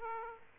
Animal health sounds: mosquito wingbeat signal from an infrared sensor; Aedes aegypti

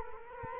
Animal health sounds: mosquito wingbeat signal from an infrared sensor; Culex quinquefasciatus

